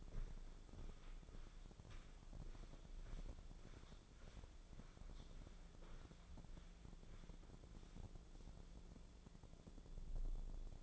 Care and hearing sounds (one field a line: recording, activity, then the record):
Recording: daily activity, microphone in the room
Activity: walk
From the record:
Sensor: 5